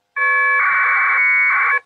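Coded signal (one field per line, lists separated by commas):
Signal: packet radio (AX.25, as in APRS)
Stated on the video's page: APRS position reporting used in an emergency service digital net training session, alongside voice, VARA FM and Winlink.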